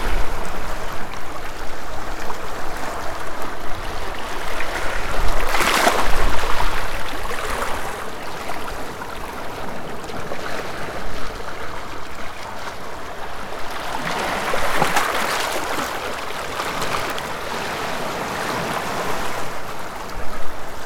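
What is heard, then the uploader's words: Water slaps and gurgles among rock cracks and holes in a continuous, restless wash. Louder surges arrive around six seconds and again near fifteen, with bright splashing bursts. Between them the flow settles into a softer, steady churning hiss. Sanlian Island. Here the beach is littered with small and large pebbles that shimmer in the sun, coloring the water. The waves slip along the irregular cracks and crash into the holes, composing a flowing symphony of water.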